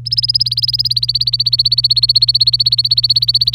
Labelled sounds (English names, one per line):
Domestic Canary song